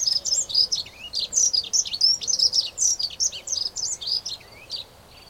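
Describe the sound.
Dunnock song, a rapid scratchy warble of high squeaky notes running almost without a break for about five seconds.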